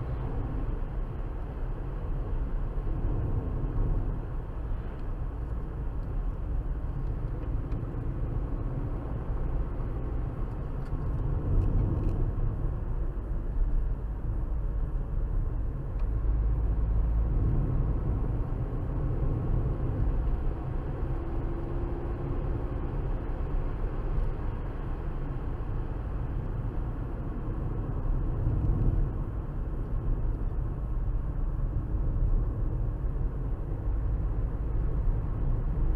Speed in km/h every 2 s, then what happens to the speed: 76, 71, 69, 68, 68, 74, 64, 61, 68, 77, 85, 89, 92, 77, 68, 61, 61, 66.
0-5 slows to 68. 10-13 brakes to 61. 15-24 speeds up to 92. 24-29 brakes to 61.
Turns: none.